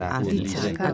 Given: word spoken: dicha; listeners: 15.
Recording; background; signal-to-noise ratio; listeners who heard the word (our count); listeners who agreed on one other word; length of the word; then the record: one Spanish word in noise, from a listening test; four-talker babble; -2.1 dB; 3 of 15; 6 of 15; 0.54 s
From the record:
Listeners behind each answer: 6, 3, 2, 1, 1, 1, 1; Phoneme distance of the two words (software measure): 10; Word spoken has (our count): 2 syllables, 4 phonemes, stress on syllable 1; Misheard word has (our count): 2 syllables, 4 phonemes, stress on syllable 1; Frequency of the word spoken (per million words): 76.42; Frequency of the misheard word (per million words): 10.69